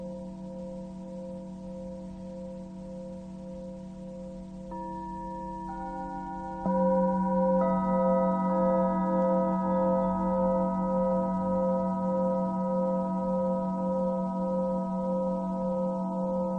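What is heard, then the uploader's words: A Tibetan singing bowl rings with a sustained, shimmering tone that pulses slowly as it is played. Higher overtones join in around five and seven seconds, and the sound grows noticeably louder and fuller near seven seconds, then holds steady to the end. Tibetan Singiing Bowl のサウンドヒーリングチャンネル LIVE.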